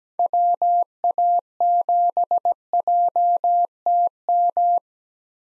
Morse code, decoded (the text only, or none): WA7JTM